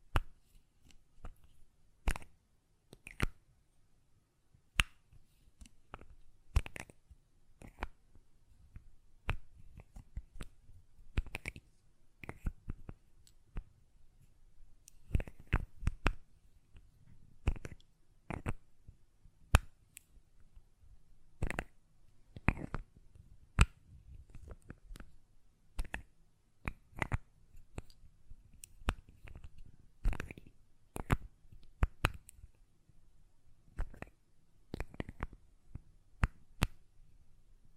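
Sharp glassy taps from a perfume bottle and its lid, irregular clusters of bright clicks every second or so over a faint low hum.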